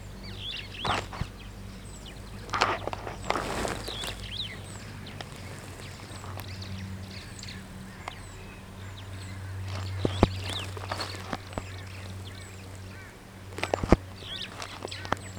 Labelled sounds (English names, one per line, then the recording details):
Superb Starling flight call
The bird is a female
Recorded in Kenya on 9 June 2010
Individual 45, of group MRC1